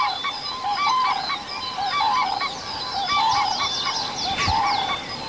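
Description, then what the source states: Common Crane calls: repeated bugling notes, with other birds chirping over a constant background hiss. Cranes calling at dawn over a sunlit reed bed with birches in small leaf, Lohja, Finland.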